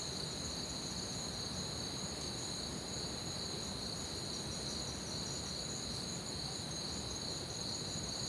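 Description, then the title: Crickets chirp in a dense, continuous high trill, a low rumbling noise bed beneath. Crickets chirping at night in an orchard, recorded from a balcony with a Zoom H6. "Crickets Under Stars"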